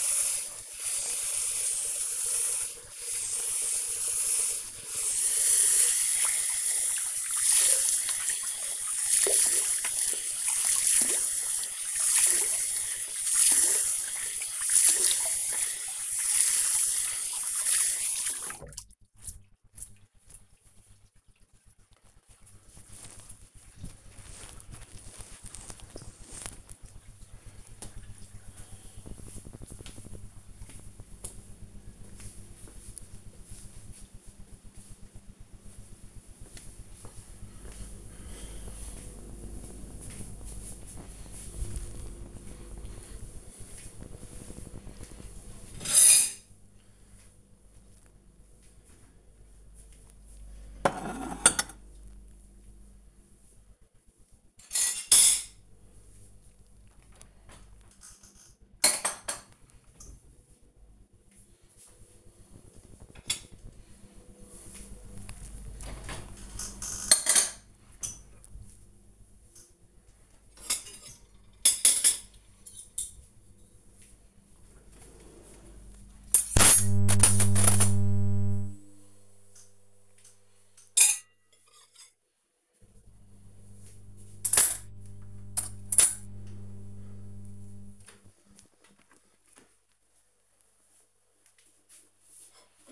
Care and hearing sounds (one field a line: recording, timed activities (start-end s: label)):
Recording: household activities, microphone on the right wrist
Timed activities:
0.00-20.21 s: washing hands
45.30-92.91 s: putting away the dishes